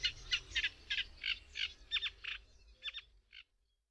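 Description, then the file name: Eurasian reed warbler song, quieter: a series of rasping, chirring notes with some repeated pairs, ending after about three and a half seconds in silence. "Trzcinniczek"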